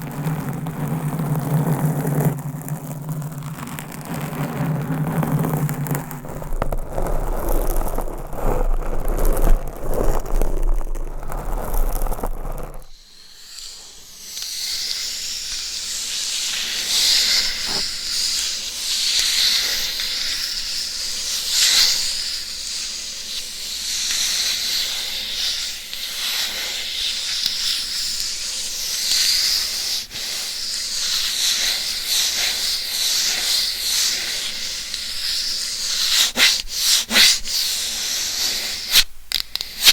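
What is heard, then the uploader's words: Scratching on a binaural mic. The first thirteen seconds are a low, muffled rubbing with a deep hum under part of it, then it cuts abruptly to a bright, hissy scraping that stays dense and steady, with sharp clicks and knocks toward the end. Binaural Mic Scratching.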